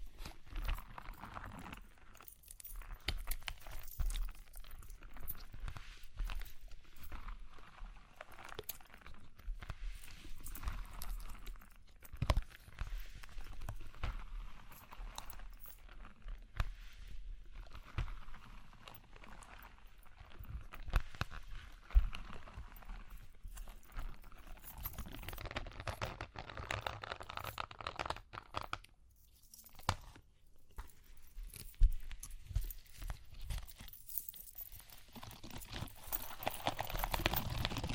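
Irregular tapping and scratching with crinkly crunches continue throughout, denser and brighter after 25 seconds, with a brief quiet gap near 29 seconds.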